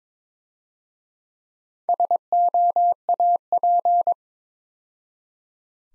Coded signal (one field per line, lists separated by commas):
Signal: Morse code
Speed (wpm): 22 wpm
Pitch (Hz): 700 Hz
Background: none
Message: SOAP